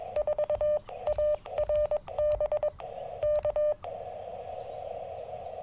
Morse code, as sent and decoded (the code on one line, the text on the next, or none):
....- .- .-. -... / -.-
4ARB K